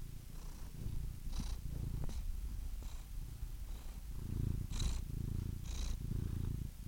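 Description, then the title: Domestic cat purring, low rhythmic rumble with distinct hissy breaths between cycles, growing stronger in the second half. "The Ultimate Compilation of Adorable Cat Meows"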